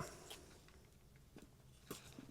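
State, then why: Not seated. A plastic propeller guard for a DJI Mavic 3 Pro is pushed onto the drone's arm to snap it in place, producing only weak, soft taps and rubbing noises around 0.0, 0.3, 0.7, 1.4 and 1.9 seconds. The guard fails to snap on, and nothing has clicked or seated yet.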